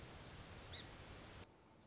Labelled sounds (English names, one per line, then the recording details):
Song Sparrow
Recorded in Sonoma County, California